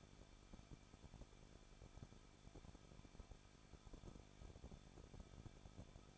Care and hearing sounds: daily activity, microphone in the room; no activity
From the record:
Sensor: 5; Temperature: 20.8 degrees Celsius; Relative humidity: 38.6%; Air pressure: 1006.5 hPa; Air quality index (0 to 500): 191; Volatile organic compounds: 20 ppm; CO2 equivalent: 2704 ppm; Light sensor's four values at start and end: 2/3/1/1 and 2/3/1/1

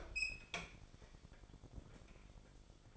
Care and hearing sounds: daily activity, microphone in the room; open fridge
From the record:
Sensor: 5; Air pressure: 1004.7 hPa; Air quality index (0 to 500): 159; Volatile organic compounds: 3 ppm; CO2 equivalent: 1496 ppm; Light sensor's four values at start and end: 21/48/19/17 and 22/50/20/18

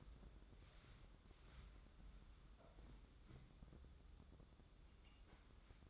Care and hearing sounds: daily activity, microphone in the room; wipe stove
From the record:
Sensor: 3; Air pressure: 996.0 hPa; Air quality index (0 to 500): 92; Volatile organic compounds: 11 ppm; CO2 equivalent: 2284 ppm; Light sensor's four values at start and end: 25/79/33/28 and 25/79/33/27

